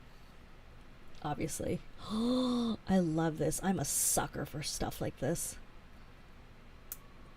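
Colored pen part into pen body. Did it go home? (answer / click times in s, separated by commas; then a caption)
yes / 6.9 s. A hot pink colored pen part is pushed into place in the pen body after someone talks. A single sharp click is heard at 6.9 seconds as the part seats.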